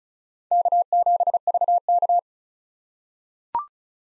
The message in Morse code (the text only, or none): K7VK